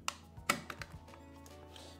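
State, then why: Released. A flat screwdriver is slid under the small plastic lugs at the base of a smart wall switch's plastic screen/front module and levered, so the clips snap free at 0.1 s and 0.5 s with sharp plastic clicks. A few fainter ticks follow, and the module is released and opens.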